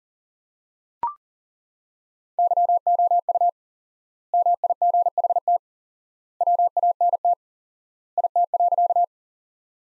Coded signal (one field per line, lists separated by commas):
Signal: Morse code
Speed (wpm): 40 wpm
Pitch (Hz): 700 Hz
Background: none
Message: YOU MIGHT WANT IT.